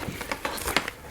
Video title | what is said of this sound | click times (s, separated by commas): Comm Gear Supply MLOK OTTO Helmet Mount Kit | align it to the other side, and snap in place. | 0.8 s